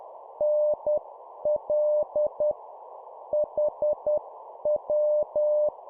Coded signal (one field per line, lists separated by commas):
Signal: Morse code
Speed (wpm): 10 wpm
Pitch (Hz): 600 Hz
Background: none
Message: NL HW